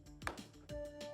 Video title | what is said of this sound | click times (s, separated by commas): 🚙 Spotter Mirror - The Must-Have Upgrade for Every Truck! 🔍💥 | and you'll feel it fall into place, and then just push up and you'll hear it clicking | 0.3 s